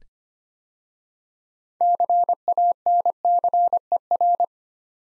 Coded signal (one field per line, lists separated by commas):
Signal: Morse code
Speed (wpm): 25 wpm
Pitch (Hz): 700 Hz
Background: none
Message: CANCER